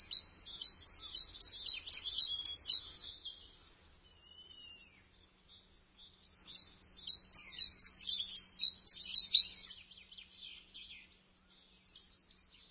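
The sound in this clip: Bird chirping calls: two bursts of quick, high, sharp chirps, each a few seconds long and each followed by fainter twittering.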